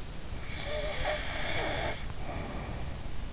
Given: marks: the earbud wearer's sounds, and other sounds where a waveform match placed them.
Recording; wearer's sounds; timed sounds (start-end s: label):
sounds in sleep by an in-ear microphone; snoring breath
0.46-3.10 s: snoring breath